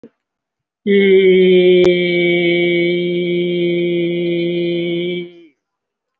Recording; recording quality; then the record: sustained vowel as in beet; excellent, no background noise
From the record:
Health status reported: recovered from COVID-19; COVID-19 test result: positive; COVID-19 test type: RT-PCR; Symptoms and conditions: cough, cold, breathing difficulty, sore throat, chronic lung disease, pneumonia, another respiratory illness, another condition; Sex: male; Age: 76 years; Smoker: yes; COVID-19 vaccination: one dose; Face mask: worn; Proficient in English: no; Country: India